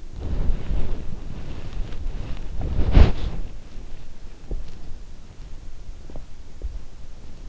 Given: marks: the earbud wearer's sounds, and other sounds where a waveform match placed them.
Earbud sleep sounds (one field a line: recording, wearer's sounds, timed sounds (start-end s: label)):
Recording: sounds in sleep by an in-ear microphone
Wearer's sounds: body movement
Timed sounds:
0.00-5.53 s: body movement